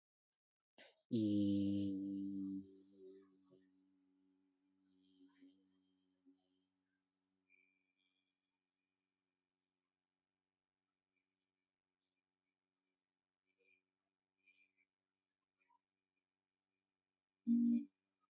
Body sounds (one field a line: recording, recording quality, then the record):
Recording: sustained vowel as in beet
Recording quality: excellent, no background noise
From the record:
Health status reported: healthy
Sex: male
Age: 28 years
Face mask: not worn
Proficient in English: yes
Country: India